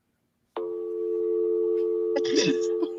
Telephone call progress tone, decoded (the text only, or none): dial tone